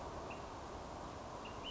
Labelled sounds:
Ash-throated Flycatcher
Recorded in Sonoma County, California

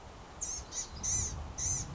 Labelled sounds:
Blue-gray Gnatcatcher
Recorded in Sonoma County, California

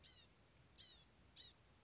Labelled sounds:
Blue-gray Gnatcatcher
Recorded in Sonoma County, California

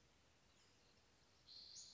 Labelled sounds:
Western Flycatcher
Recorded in Sonoma County, California

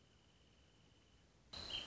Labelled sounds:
Wrentit
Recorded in Sonoma County, California

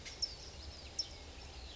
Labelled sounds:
California Towhee
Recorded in Sonoma County, California

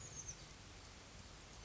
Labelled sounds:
Oak Titmouse
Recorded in Sonoma County, California

